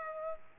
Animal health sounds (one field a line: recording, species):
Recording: mosquito wingbeat signal from an infrared sensor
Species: Aedes aegypti